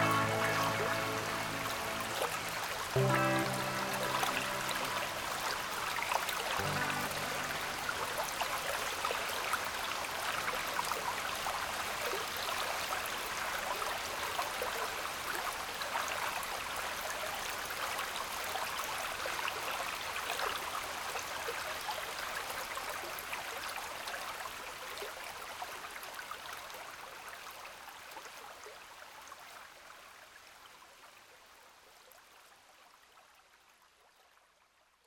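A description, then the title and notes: A brook at Fitzgerald Park streams and splashes in a dense, steady rush of bright water noise. During the first seven seconds a low humming tone sits underneath, shifting pitch twice before dropping away. From about twenty-five seconds the water gradually fades to silence. The brook is a stream at Fitzgerald Park recorded with the Sony field recorder.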